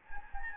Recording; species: mosquito wingbeat signal from an infrared sensor; Anopheles gambiae